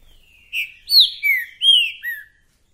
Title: Esse É PERFEITO Para ESQUENTAR Seu TRINCA Piando, Cantando E Macheando Na DISPUTA. 🔥TRINCA FERRO REPETIDOR !! UM CANTO ATRÁS DO OUTRO!!! TRINCA FERRO MERCENARIO!